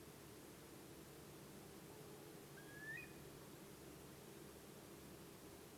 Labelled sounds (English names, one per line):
Eurasian Curlew